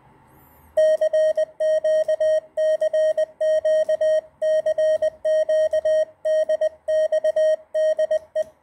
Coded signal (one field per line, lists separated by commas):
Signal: Morse code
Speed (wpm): 20 wpm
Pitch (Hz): 620 Hz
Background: none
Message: CQCQCQDXDE